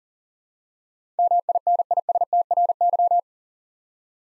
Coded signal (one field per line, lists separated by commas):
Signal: Morse code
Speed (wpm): 40 wpm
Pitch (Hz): 700 Hz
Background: none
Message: MINISTRY